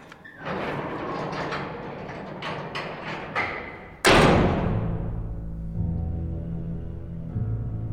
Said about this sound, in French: Attention, la porte se ferme.